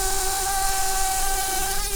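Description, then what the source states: Brown-banded carder bee giving a steady, droning buzz with a constant pitch and rich overtones, heard against a broad background hiss. Queens.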